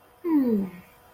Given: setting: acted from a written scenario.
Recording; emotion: vocal sound without words; serenity